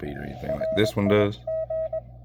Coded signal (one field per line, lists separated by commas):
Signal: Morse code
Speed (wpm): 19 wpm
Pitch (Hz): 640 Hz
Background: speech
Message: RIG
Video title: Xiegu X6100. CW decoder that actually works.. RC1BU software